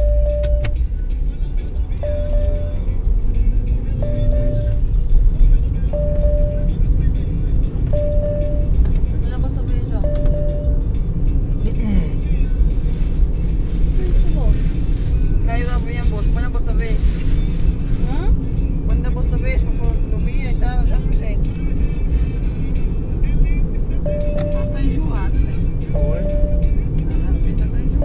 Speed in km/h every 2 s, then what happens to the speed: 26, 36, 44, 50, 55, 56, 58, 58, 59, 60, 61, 63, 63, 61.
0-8 speeds up to 55. 8-28 steady at about 59.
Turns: none.